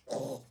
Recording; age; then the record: pig call; piglet (1 to 25 days)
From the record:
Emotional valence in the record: negative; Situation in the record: restrain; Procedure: back test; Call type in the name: low-frequency call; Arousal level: medium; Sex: female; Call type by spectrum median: low-frequency call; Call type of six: low-frequency stable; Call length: 0.51 s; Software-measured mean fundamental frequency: 51 Hz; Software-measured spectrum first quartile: 450 Hz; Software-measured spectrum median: 629 Hz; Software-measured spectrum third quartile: 1864 Hz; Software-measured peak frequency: 542 Hz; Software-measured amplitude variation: 189 dB a second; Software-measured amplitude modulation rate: 14.8 a second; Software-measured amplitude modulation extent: 12.8 dB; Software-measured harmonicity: 2.2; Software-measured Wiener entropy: -2.42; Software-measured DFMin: 1581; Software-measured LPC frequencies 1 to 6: 565, 1857, 3936, 5266, 6141, 7766 Hz